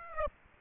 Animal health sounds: mosquito wingbeat signal from an infrared sensor; Aedes aegypti

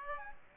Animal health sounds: mosquito wingbeat signal from an infrared sensor; Aedes aegypti

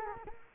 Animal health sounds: mosquito wingbeat signal from an infrared sensor; Culex quinquefasciatus

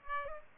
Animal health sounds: mosquito wingbeat signal from an infrared sensor; Aedes aegypti

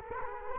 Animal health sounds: mosquito wingbeat signal from an infrared sensor; Culex quinquefasciatus

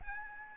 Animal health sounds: mosquito wingbeat signal from an infrared sensor; Aedes albopictus

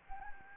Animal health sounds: mosquito wingbeat signal from an infrared sensor; Anopheles gambiae

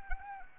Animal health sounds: mosquito wingbeat signal from an infrared sensor; Anopheles arabiensis

